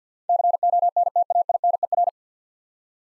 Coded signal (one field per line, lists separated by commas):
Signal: Morse code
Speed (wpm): 45 wpm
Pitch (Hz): 700 Hz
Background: none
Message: CONTAINER